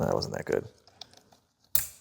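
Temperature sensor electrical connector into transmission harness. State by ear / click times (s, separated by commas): seated / 1.8 s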